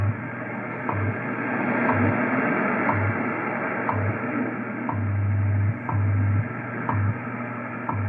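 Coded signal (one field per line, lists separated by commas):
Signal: radio time signal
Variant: WWV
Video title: WWV SIGNAL ON THE YAESU FT-2000 AND RECEIVING FADE FROM GRAYLING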